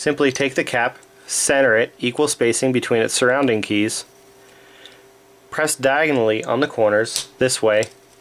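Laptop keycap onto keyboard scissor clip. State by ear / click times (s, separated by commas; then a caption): not seated / none. A plastic laptop keycap is centered with equal spacing between the surrounding keys and pressed diagonally on its corners onto the scissor clip of a Compaq keyboard. Someone talks throughout, with a faint tap around 4.9 seconds in a pause. Nothing has seated or clicked yet.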